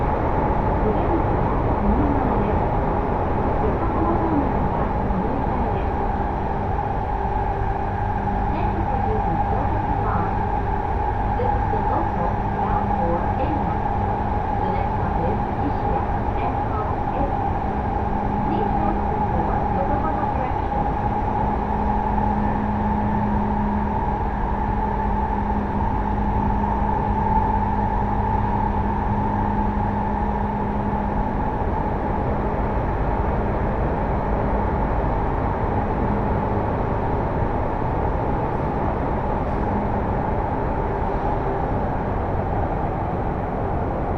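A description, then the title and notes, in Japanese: A train ride on the Sotetsu through line toward Futamatagawa, heard from inside the carriage as a steady, dense rumble. A sustained tone hums around the middle throughout, with low drones swelling and fading, particularly between about 20 and 30 seconds. Faint speech-like murmurs appear in places. 耳で楽しむ鉄道旅 武蔵小杉→二俣川→大和。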